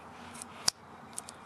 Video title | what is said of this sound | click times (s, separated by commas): Pickup Truck Dome Light Switch Replacement On Chevy Colorado / GMC Canyon 04-2012 | You're going to hear it click. | 0.7 s